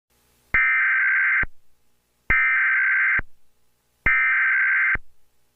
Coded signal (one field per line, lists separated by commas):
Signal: Emergency Alert System (SAME) tones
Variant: header bursts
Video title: EAS SCENARIO SPECIAL #1 - Flash Flood Getdown (Demo)